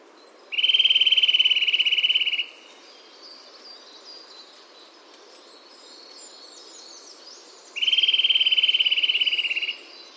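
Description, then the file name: Eurasian nuthatch with two rapid, steady trills of high piping notes about seven seconds apart, with faint chirping in between. "Sitta europaea"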